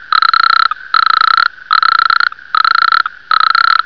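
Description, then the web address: Toad giving a steady series of buzzing, rapidly pulsed trills, each about half a second long, repeated five times with short pauses between. "BBCMM 003"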